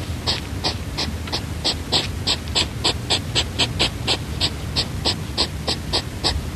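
European hedgehog snuffling: short breathy sniffs and puffs, about three or four each second, unbroken throughout against a low rumbling background.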